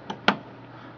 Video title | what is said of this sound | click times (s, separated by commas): Mac PRAM Battery Repair | pops right in like that looks all good | 0.3 s